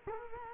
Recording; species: mosquito wingbeat signal from an infrared sensor; Culex quinquefasciatus